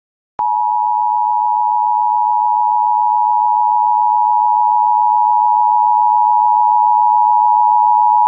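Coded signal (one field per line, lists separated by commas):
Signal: Emergency Alert System (SAME) tones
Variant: 853 and 960 Hz attention tone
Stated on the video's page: Fictional EAS scenario.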